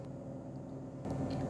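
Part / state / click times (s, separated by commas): ECU wiring harness connector into engine sensor/actuator connector / not seated / none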